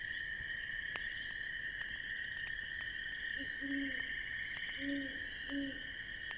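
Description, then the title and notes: Owl hooting: three low hoots spaced unevenly after the midpoint, with continuous insect trilling and occasional fire crackles behind. Owl heard hooting in the distance at night beside a crackling campfire on a crisp autumn evening in the Midwest. "An Autumn Campfire in the Midwest. Owls. I hear the distant hoot of an owl"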